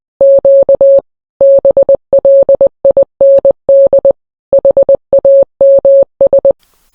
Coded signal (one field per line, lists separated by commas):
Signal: Morse code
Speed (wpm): 20 wpm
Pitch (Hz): 550 Hz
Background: none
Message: Q BLIND HAMS